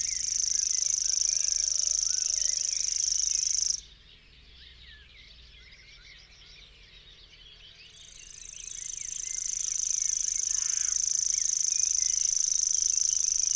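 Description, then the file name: Common grasshopper warbler reeling: a high, dry, insect-like trill held for about four seconds, then a pause while other birds chirp, then the reel returning and running steadily to the end. "locustelle tachetee"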